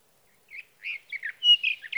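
Sage thrasher song fragment: hurried, varied warbling phrases with a bright whistled note near the middle.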